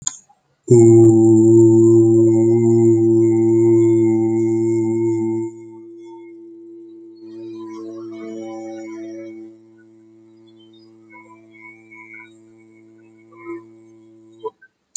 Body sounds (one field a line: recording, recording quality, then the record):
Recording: sustained vowel as in boot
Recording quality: excellent, no background noise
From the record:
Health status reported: healthy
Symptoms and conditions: none ticked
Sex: male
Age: 27 years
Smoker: yes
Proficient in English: yes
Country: India